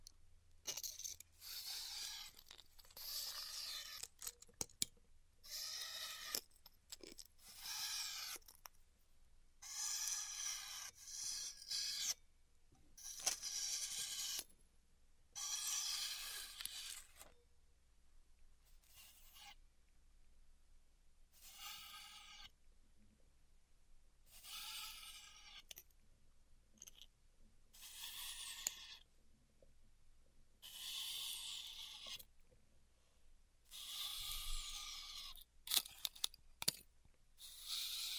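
Styrofoam is cut with a hot wire in repeated bursts, each a bright, hissing squeak lasting one to two seconds with short quiet gaps between. The strokes come steadily, about every two seconds, some squealing higher and sharper than others, over a faint low hum.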